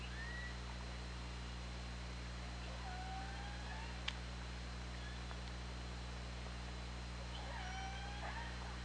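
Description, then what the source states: Killer whale calls, tonal notes with stacked harmonics near the start, middle and end, with a sharp click midway and a constant low hum underneath. OrcaLab hydrophone recording, 24 August 2017, 20:58.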